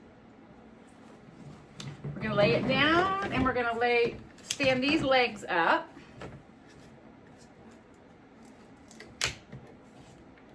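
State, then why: Seated. A VOCIC Z35 PackGo rollator is laid down and its folding legs are stood up until each leg locks into the frame. Someone talks, followed by a few light handling taps, and a sharp snap at 9.2 seconds marks a leg locking into place.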